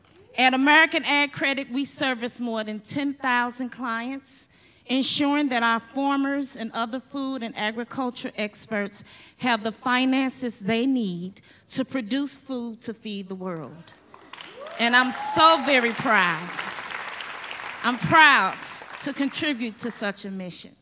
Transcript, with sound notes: And American AgCredit we serve more than 10,000 clients, ensuring that our farmers and other food and agriculture experts have the finances they need to produce food to feed the world. [applause] And I’m so very proud. I’m proud to contribute to such a mission.